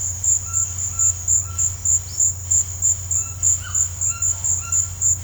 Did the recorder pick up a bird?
yes